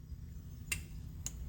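On a Jung HF50 surface grinder, the saddle locking lever is moved through its first stage, a switch that cuts the cross-feed electrics before the lever goes on to lock the saddle. Two sharp, brief broadband clicks sound at 0.7 s and 1.3 s over a steady low hum. The lever clicks through its switch stage as intended.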